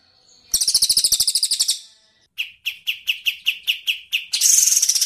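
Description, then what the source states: Bird song: a fast high rattle for over a second, a pause, then a string of about ten sharp chips, ending in a shrill trill. Tutor song used for training songbirds (masteran).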